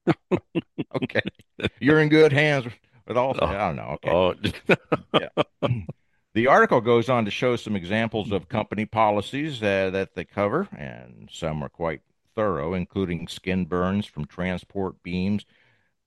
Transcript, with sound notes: Okay. You're in good hands with, with Allstate. I don't know. Okay.
Oh. Oh (laughs) .
Yeah. The article goes on to show some examples of company policies that, that they cover, and some are quite thorough, including skin burns from transport beams.